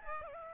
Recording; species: mosquito wingbeat signal from an infrared sensor; Aedes albopictus